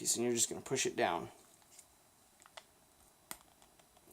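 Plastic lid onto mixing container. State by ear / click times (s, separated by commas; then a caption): seated / 3.3 s. Someone talks, then a plastic lid is pushed down onto a small mixing container, with a few faint ticks before it snaps shut with a sharp click at 3.3 seconds. The lid is seated.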